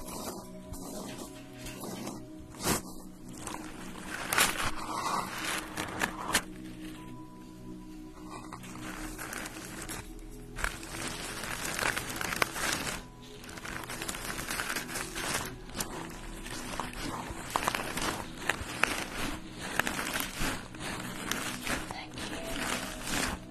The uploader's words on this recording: Enjoy the sounds of having your facial treatment, with steam, cream, and massage.